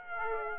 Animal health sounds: mosquito wingbeat signal from an infrared sensor; Aedes aegypti

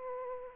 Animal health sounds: mosquito wingbeat signal from an infrared sensor; Aedes aegypti

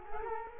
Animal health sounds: mosquito wingbeat signal from an infrared sensor; Culex quinquefasciatus

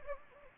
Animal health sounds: mosquito wingbeat signal from an infrared sensor; Anopheles gambiae

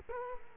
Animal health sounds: mosquito wingbeat signal from an infrared sensor; Culex quinquefasciatus

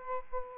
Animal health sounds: mosquito wingbeat signal from an infrared sensor; Aedes aegypti

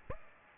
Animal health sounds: mosquito wingbeat signal from an infrared sensor; Aedes aegypti

